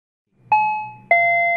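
A doorbell rings with two bright chimes, a higher tone followed by a lower one, each struck sharply and left to ring out. No voices are heard.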